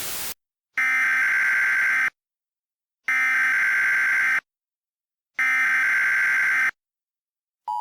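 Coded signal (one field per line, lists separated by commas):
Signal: Emergency Alert System (SAME) tones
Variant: header bursts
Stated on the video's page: Mock (fictional) EAS alert.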